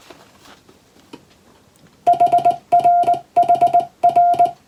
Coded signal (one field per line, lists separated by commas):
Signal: Morse code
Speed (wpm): 20 wpm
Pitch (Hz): 700 Hz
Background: music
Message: HRHR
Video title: 昔はよくラジオから聞こえた懐かしいモールス符号！通信技術の基礎！モールスはトンとツーで成立します。英語のモールスです。YouTubeの再生速度を設定して聞こう！ morse code practice